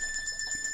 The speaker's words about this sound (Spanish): Despertador.